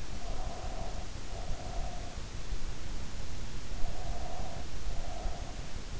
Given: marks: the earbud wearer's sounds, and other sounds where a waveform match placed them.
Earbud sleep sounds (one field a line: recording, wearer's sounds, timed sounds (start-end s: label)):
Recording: sounds in sleep by an in-ear microphone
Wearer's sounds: breath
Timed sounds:
0.00-2.24 s: breath
3.72-5.99 s: breath